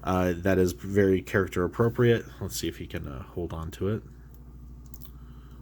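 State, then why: Not seated. Someone talks for about four seconds while a small plastic weapon accessory is handled at the hand of a plastic action figure. Faint handling ticks follow near 4.3, 4.9 and 5.0 seconds. Nothing has seated or clicked yet; the accessory is not yet in the hand when the clip ends.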